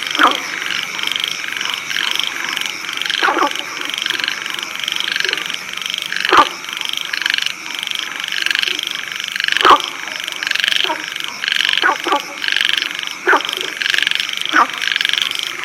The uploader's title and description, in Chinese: 老家乡村田间的蛙声虫鸣。乡村春日蛙声虫鸣